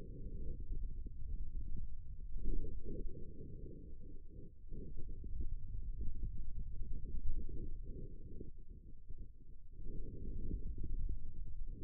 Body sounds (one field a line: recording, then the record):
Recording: forearm muscle sounds (acoustic myography)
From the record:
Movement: hand opening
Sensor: system 2, bracelet of six BSWA MPA416 microphones around the upper forearm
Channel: 4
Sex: male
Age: 22 years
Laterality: right